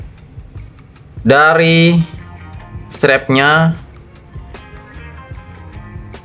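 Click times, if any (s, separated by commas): 6.2 s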